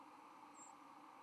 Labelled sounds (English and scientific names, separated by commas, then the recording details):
White-throated Sparrow (Zonotrichia albicollis) flight call
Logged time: 06:17 on 31 October 2014